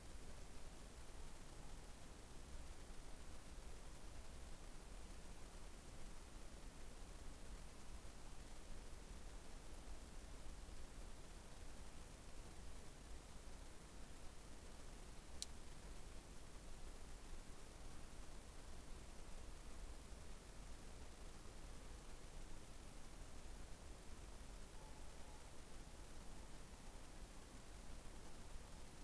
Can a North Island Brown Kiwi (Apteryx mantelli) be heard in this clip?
no